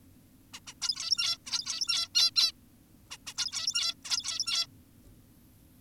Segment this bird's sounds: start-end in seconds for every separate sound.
0.54-0.60, 0.67-0.74, 0.82-1.38, 1.46-2.09, 2.15-2.31, 2.36-2.52, 3.11-3.18, 3.27-3.34, 3.38-3.94, 4.05-4.67